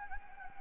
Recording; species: mosquito wingbeat signal from an infrared sensor; Anopheles gambiae